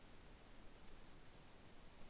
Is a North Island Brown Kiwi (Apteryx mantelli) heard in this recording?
no